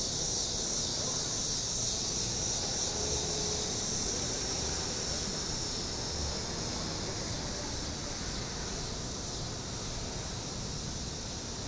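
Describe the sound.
High, even cicada buzz continuing without pause, with a faint thin whistling overtone early on.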